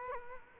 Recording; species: mosquito wingbeat signal from an infrared sensor; Culex quinquefasciatus